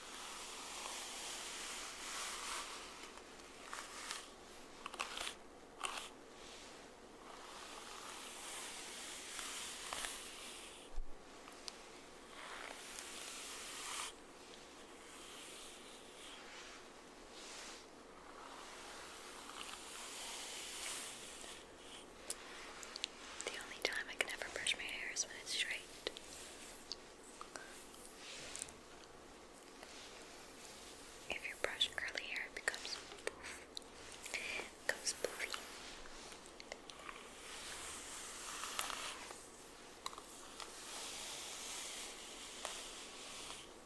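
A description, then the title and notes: Hair being brushed, a run of soft, hissy bristle strokes that rise and fade in uneven bursts. Busier, brighter stretches around the middle and near the end alternate with quieter pauses over a faint, steady low hum. ASMR Hair Brushing.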